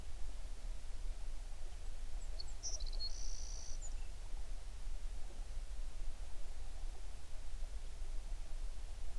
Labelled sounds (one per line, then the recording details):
songbird
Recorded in the Prudhoe Bay oil fields, Alaska, on 11 June 2019 at 05:35
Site 21